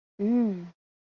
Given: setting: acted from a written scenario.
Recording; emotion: vocal sound without words; disgust